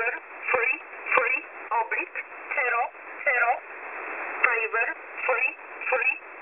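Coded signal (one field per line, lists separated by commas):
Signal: numbers station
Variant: E11 Oblique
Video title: E11 Oblique 20/02/2023 0900 UTC 11092kHz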